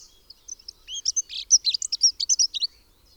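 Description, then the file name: Dunnock song, a hurried high scratchy warble of jumbled squeaky notes lasting about two and a half seconds. "Heggenmus Prunella modularis"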